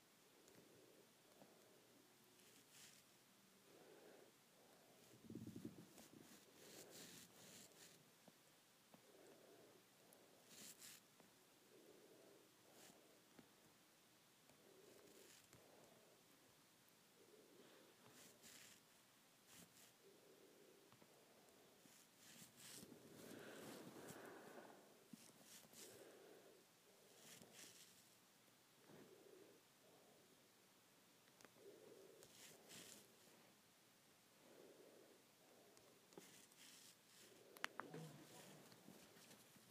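Quiet hair play: soft rustling strokes and brushing repeat every second or two in an uneven rhythm, each with a bright, crisp hiss. The handling grows fuller around the middle, and a sharper scratch or tap stands out near the end.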